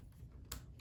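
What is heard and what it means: A plastic K'NEX gear at the bottom of a Loop-O-Plane carnival ride model is locked into its position at the base. A sharp plastic click at 0.5 s is followed by a fainter click near 0.8 s. The gear is confirmed locked into place.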